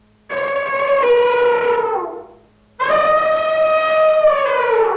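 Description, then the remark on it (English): An elephant at a zoo trumpets twice, each loud, brassy blast lasting about two seconds, separated by a short pause, with the pitch sagging slightly as each call fades out. “Number two is elephant.”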